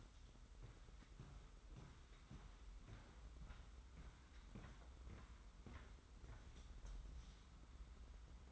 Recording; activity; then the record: daily activity, microphone in the room; walk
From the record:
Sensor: 3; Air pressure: 990.7 hPa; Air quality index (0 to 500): 170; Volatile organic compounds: 1000 ppm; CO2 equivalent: 5522 ppm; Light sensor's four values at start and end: 38/89/37/34 and 39/93/38/36